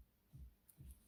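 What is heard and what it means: A pick tool pressed down on the locking tab of a crimped wire terminal inside a plastic BMW engine sensor connector housing (water pump and oil sensor connectors) gives two sharp, faint clicks at 0.7 s and 0.9 s. Two soft low thumps around 0.4 s and 0.85 s sit beneath them. The terminal lock clicks open, releasing the wire terminal so it can be pulled out.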